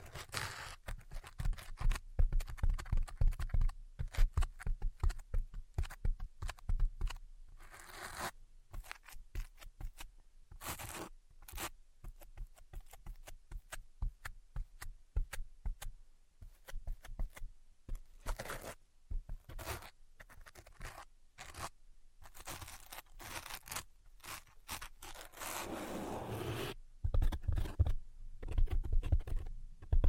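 Invisible tapping and scratching, a dense, irregular stream of quick dry clicks and scrapes running through the whole half minute. Short bursts cluster tightly, with brief gaps around 8, 11 and 19 seconds, and a rougher, louder scratching swell near 25–27 seconds.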